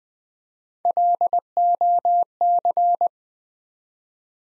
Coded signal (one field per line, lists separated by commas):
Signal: Morse code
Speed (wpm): 20 wpm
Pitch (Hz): 700 Hz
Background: none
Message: LOC